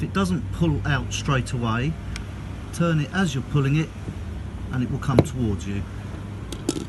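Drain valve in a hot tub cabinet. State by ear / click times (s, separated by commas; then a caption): seated / 6.5 s, 6.7 s. Someone talks while pulling out the plastic drain valve on the outside of a Weekend Hot Tub cabinet, turning it as it is pulled. The valve comes out in two stages, with two short clicks at 6.5 s and 6.7 s as it locks in place in its fully extended position.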